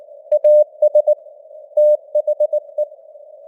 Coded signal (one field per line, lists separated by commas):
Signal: Morse code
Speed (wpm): 19 wpm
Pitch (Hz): 600 Hz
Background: none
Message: AS THE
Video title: Morse Code News | 2025-11-18 | 19wpm